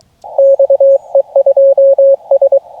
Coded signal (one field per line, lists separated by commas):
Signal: Morse code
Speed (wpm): 22 wpm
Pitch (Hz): 590 Hz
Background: radio noise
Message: XE2S